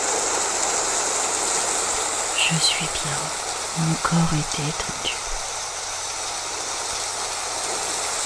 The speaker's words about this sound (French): J'accueille ce moment dans le plus grand silence. Je n'entends que l'orage et la pluie.